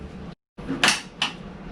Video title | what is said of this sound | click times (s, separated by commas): Portable Air Conditioner - NewAir AP 1000 Review | and it clicks in up here at the top so when you hear everything click you know it's all good to go | 0.8 s, 1.2 s